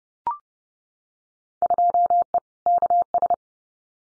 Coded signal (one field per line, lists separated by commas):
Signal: Morse code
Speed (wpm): 30 wpm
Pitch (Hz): 700 Hz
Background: none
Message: 2E KS